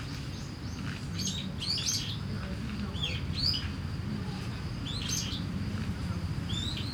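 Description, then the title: Starling giving short, scratchy whistled phrases in bursts, with crickets trilling steadily and a low hum of cars behind. Singing in a tree in Kiyosumi garden, Tokyo, Japan, with crickets and cars; binaural recording with DPA 4060 microphones in a bag and a Deity PR-2. "Kiyosumi garden, Tokyo, Japon - Starling in a tree"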